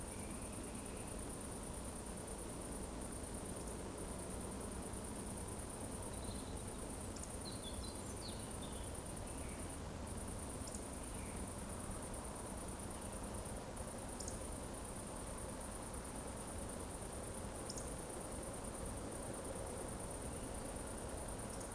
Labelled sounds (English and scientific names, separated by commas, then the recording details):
Eurasian Woodcock (Scolopax rusticola) whistle
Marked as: whistle, whistle, whistle, whistle, whistle, whistle, whistle
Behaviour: display flight
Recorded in Baden-Württemberg, Germany, on 25 June 2020 at 20:19 UTC
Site 14569, 102 m above sea level